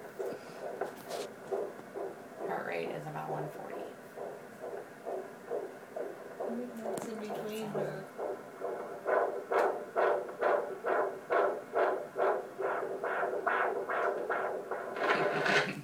Heart rate is about 140.